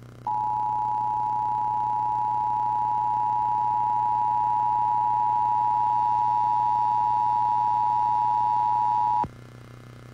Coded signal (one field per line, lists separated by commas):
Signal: Emergency Alert System (SAME) tones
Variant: 853 and 960 Hz attention tone